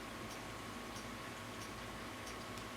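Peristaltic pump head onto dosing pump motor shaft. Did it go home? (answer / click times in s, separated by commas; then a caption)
no / none. A peristaltic pump head is lined up on the triangular motor shaft of a Bubble Magus dosing pump before being pushed on. Faint, regular ticks sit over a steady broadband hiss with a low hum. Nothing has seated or clicked yet.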